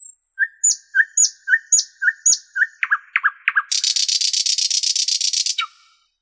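Common nightingale song: slow repeated whistles, a few sharp dropping notes, then a long rapid churring rattle ending in a low note.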